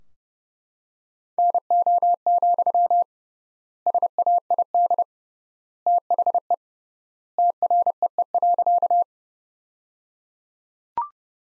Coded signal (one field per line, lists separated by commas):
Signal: Morse code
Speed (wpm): 30 wpm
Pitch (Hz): 700 Hz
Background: none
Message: NO, SAID THE TREE.